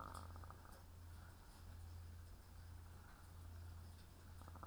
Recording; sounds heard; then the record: poultry house recording; sick chickens (respiratory disease)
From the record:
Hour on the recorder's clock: 16